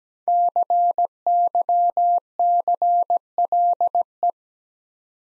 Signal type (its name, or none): Morse code